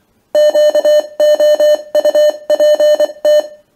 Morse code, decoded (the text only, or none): QOUPT